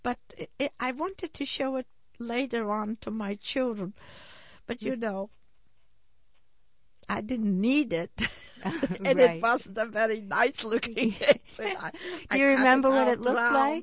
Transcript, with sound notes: But I wanted to show it later on to my children, but, you know, I didn't need it. ( she laughs ) And it wasn't a very nice-looking apron, all around.
Do you remember what it looked like?